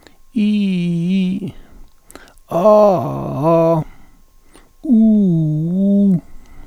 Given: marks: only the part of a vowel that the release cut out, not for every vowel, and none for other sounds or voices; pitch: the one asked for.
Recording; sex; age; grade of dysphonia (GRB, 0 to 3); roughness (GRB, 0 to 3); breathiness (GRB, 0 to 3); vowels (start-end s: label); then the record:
sustained vowels; male; 60 to 69 years; 2; 2; 1
0.42-1.30 s: vowel /i/, low-high-low pitch
2.66-3.74 s: vowel /a/, low-high-low pitch
5.32-6.08 s: vowel /u/, low-high-low pitch
From the record:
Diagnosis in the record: contact pachydermia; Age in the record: 60 years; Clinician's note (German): Kontaktpachydermie ohne "Kontaktpachydermie"